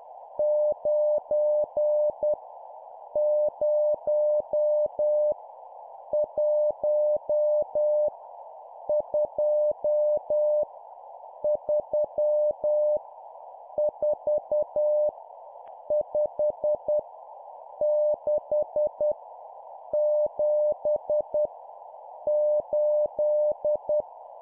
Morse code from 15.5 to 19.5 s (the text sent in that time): 5 6